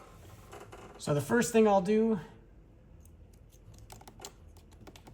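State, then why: Not seated. Someone talks while handling the electrical wiring harness connector that goes onto the new EVAP purge solenoid valve of a 2012-2013 Impala, which is replacing the failed one to fix P0496 and P0442 EVAP codes. After the talking, faint, sharp handling ticks come at about 3.9, 4.1, 4.3 and 5.0 seconds. The connector has not clicked or seated yet.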